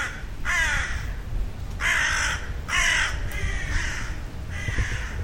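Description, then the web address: Bird calls, five harsh, hoarse caws spaced about one second apart, with low background rumble. "Deverinetal 2025 File origin Bird Only"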